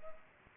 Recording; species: mosquito wingbeat signal from an infrared sensor; Culex pipiens